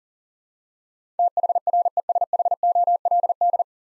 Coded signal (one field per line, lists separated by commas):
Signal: Morse code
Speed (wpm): 40 wpm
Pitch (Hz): 700 Hz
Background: none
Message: THRESHOLD